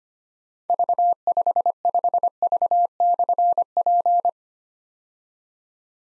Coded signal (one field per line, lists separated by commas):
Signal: Morse code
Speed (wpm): 25 wpm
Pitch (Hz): 700 Hz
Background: none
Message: V55V/P